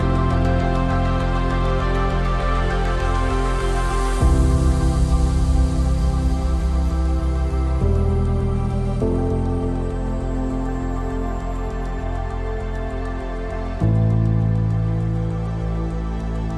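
A mellow lofi hip hop beat with warm, steady bass and soft chords that shift around 4, 8, 9 and 14 seconds.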